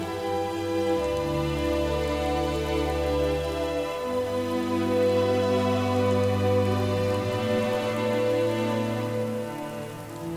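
Rainy ambient music with sustained, held tones and a deep low drone that shifts pitch around one and four seconds. A soft patter of rain runs underneath, and the overall level stays steady, dipping slightly at the end.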